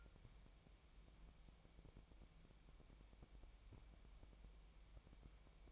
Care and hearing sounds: daily activity, microphone in the room; wipe stove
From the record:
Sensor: 1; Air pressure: 1001.7 hPa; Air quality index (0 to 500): 219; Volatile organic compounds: 28 ppm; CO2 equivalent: 2913 ppm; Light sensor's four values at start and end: 8/29/10/11 and 7/29/10/11

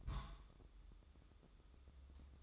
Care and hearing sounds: daily activity, microphone in the room; place on stove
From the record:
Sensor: 3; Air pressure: 995.4 hPa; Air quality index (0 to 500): 86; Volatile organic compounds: 8 ppm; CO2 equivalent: 2105 ppm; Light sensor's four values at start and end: 26/81/34/29 and 26/81/34/29

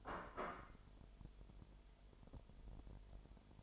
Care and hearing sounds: daily activity, microphone in the room; place plate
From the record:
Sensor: 5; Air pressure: 1002.1 hPa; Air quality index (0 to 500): 225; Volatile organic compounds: 29 ppm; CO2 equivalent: 2930 ppm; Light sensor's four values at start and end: 10/24/10/11 and 10/24/10/11

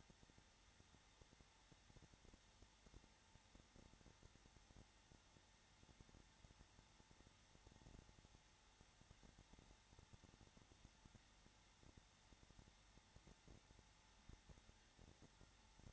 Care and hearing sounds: daily activity, microphone in the room; no activity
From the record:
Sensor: 3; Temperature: 21.3 degrees Celsius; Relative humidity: 33.3%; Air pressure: 994.5 hPa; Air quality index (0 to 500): 168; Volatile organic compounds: 3 ppm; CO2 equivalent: 1459 ppm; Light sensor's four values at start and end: 2/3/2/2 and 2/3/2/2

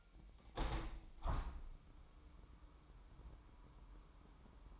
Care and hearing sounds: daily activity, microphone in the room; open window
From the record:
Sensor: 1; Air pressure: 998.7 hPa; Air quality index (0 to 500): 122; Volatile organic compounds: 3 ppm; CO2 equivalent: 1454 ppm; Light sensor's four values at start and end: 8/18/7/9 and 8/19/8/9

